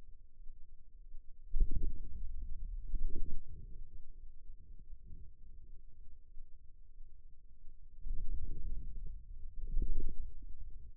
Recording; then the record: forearm muscle sounds (acoustic myography)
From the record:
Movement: wrist flexion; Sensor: system 2, bracelet of six BSWA MPA416 microphones around the upper forearm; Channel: 1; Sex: male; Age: 22 years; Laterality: right